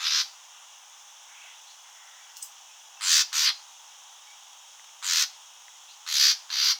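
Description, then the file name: Common nightingale uttering rough, scratchy call notes, some doubled in quick succession, separated by pauses against low background hiss. "Luscinia megarhynchos"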